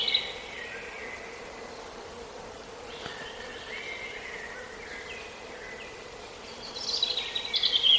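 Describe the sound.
European robin song: thin, high warbled phrases and short sliding notes spaced throughout, ending with a brighter, higher flourish over steady low background hiss.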